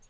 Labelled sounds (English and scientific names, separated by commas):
Lucy's Warbler (Leiothlypis luciae) flight call